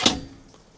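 The cab seat of a 2025 Swift Carrera 244 campervan is swivelled back to its forward driving position, and the locking lever of its swivel base engages. A single sharp click sounds at 0.1 s, then quickly fades. The seat is locked home for driving.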